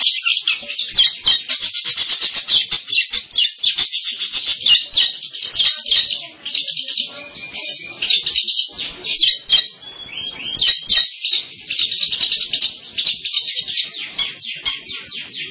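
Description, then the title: Long-tailed shrike song, a continuous busy stream of high, scratchy chirps and short whistles with only brief gaps. "Kicau Burung Pentet"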